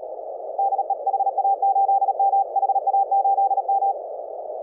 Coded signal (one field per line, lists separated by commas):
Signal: Morse code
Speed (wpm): 38 wpm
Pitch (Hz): 790 Hz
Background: none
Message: DE HA8M HA8M